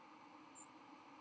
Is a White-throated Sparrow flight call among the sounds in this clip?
no